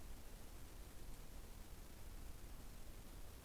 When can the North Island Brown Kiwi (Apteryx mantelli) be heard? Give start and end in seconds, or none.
none